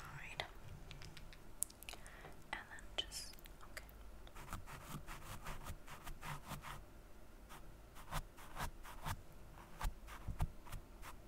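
Quiet makeup sounds: soft brushing, tapping and light scratching strokes, like a pencil or brush working across a surface. The strokes come in quick, irregular bursts throughout, with short crisp clicks, over a low steady hum in the background.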